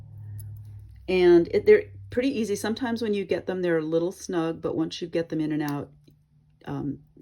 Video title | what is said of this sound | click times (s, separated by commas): Simple Ball Chain & Briolette Necklace - demoed on Dec 2, 2019 | So here it goes. I snap it in, pop it right in. | 0.4 s